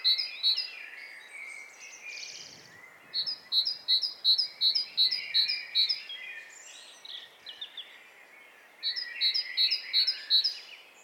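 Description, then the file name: Great tit song: a short opening burst, a long run of rhythmic two-note phrases, a gap with other birdsong, then a final series of the same notes. "Parus major"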